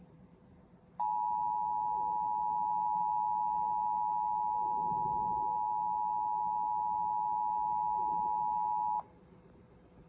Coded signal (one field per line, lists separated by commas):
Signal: Emergency Alert System (SAME) tones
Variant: 853 and 960 Hz attention tone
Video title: Severe Thunderstorm Warning on WNPT-TV (Livestream EAS #15)